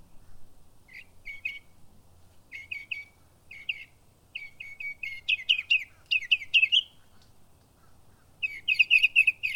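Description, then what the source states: Northern mockingbird song: short sharp chirpy phrases, each repeated two or three times in quick succession, over a low steady hum. Backyard in Florida.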